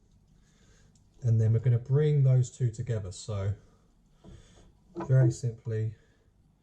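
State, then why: Not seated. On an Iron Man Mark III model-kit right arm, the plastic elbow cover is being brought over the elbow joint piece and its washers while someone talks. The parts are only being handled, and nothing has seated or clicked yet.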